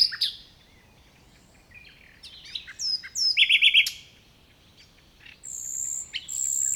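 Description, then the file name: Common nightingale sings varied short phrases: a quick rattling trill of repeated notes, then a high thin whistle near the end. "Luscinia megarhynchos"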